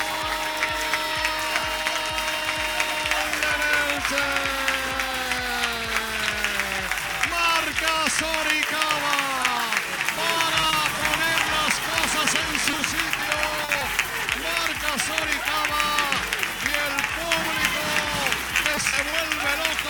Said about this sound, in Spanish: Se acabó el partido. Gritos de Sporting, Sporting, de la afición asturiana, y gritos de Elche, Elche, de la afición blanquiverde. Los jugadores se abrazan.